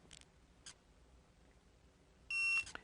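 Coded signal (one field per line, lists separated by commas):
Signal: beep code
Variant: TST 507 TPMS display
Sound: two soft button clicks, then one short high electronic beep and a click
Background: small room, button clicks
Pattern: 1 short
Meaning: Set button held long enough to enter the coding menu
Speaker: hold the set button down till it beeps hit your plus button five times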